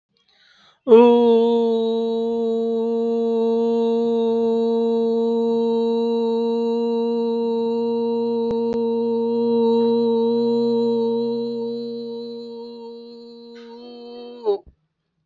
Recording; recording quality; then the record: sustained vowel as in boot; excellent, no background noise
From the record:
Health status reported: healthy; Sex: male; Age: 39 years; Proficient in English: yes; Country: India